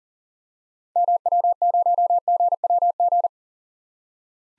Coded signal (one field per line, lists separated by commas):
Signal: Morse code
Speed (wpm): 40 wpm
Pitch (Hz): 700 Hz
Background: none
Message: MW0GWG